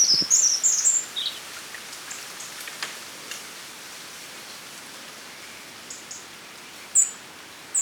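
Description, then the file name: European robin making thin, high, slurred notes at the start, then scattered single high calls, over a light patter like rain. "Erithacus rubecula"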